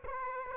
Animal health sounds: mosquito wingbeat signal from an infrared sensor; Aedes aegypti

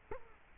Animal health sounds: mosquito wingbeat signal from an infrared sensor; Culex quinquefasciatus

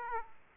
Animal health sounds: mosquito wingbeat signal from an infrared sensor; Aedes aegypti

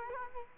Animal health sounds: mosquito wingbeat signal from an infrared sensor; Culex quinquefasciatus

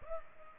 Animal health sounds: mosquito wingbeat signal from an infrared sensor; Culex pipiens

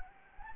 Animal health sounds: mosquito wingbeat signal from an infrared sensor; Anopheles gambiae

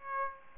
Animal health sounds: mosquito wingbeat signal from an infrared sensor; Aedes aegypti

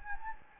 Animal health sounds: mosquito wingbeat signal from an infrared sensor; Anopheles gambiae

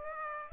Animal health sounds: mosquito wingbeat signal from an infrared sensor; Aedes aegypti

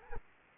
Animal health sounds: mosquito wingbeat signal from an infrared sensor; Anopheles arabiensis

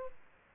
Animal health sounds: mosquito wingbeat signal from an infrared sensor; Aedes albopictus

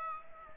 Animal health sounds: mosquito wingbeat signal from an infrared sensor; Aedes aegypti

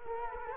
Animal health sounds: mosquito wingbeat signal from an infrared sensor; Culex quinquefasciatus

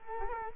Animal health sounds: mosquito wingbeat signal from an infrared sensor; Culex quinquefasciatus

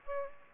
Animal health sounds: mosquito wingbeat signal from an infrared sensor; Aedes aegypti

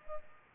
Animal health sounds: mosquito wingbeat signal from an infrared sensor; Culex pipiens

